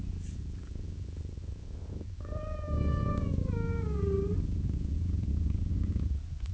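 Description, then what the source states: Cat meowing once, a long wavering meow that slides downward, over a steady low rumbling purr. Cat gently meowing and purring at long intervals.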